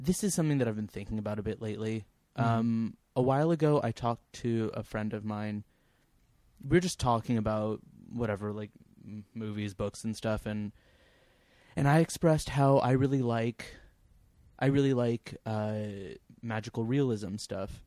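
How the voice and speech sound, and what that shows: One adult speaks conversationally at a relaxed pace, with ordinary fluent hesitations, pauses and clear, steady voicing.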